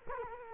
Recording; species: mosquito wingbeat signal from an infrared sensor; Culex quinquefasciatus